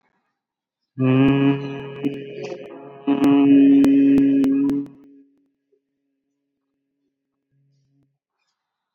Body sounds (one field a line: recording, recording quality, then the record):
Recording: sustained vowel as in boot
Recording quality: poor, much background noise or distortion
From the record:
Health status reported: COVID-19 positive, mild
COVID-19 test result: positive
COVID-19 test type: RT-PCR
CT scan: not taken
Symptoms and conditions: cough, cold, breathing difficulty, fever, fatigue, loss of smell and taste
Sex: male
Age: 35 years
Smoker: no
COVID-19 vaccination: none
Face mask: worn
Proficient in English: yes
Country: India